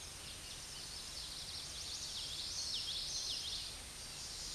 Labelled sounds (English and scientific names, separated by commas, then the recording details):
Common Yellowthroat (Geothlypis trichas) song
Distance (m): 25 m
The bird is about level with the microphone
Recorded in a Pennsylvania forest on 16 May 2024 at 08:10
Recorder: AudioMoth, point MSD-2304
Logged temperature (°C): 16.0 °C
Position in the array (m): 221 m, 186 m